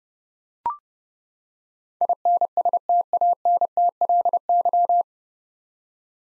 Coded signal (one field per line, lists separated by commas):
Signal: Morse code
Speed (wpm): 30 wpm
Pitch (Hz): 700 Hz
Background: none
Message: INSTANTLY